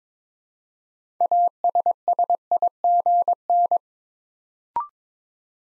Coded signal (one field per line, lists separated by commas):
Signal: Morse code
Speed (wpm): 22 wpm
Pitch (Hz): 700 Hz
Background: none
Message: ASSIGN